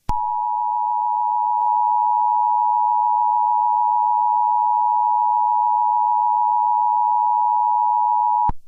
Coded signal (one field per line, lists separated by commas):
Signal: Emergency Alert System (SAME) tones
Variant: 853 and 960 Hz attention tone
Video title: The EAS Scenario: The Darkness Invasion of San Andreas